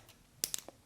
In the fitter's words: this one is right into the piece and all you have to do is click